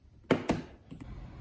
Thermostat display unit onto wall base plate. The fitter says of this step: and then you attach the thermostat onto the base plate it should click in place